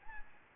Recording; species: mosquito wingbeat signal from an infrared sensor; Anopheles arabiensis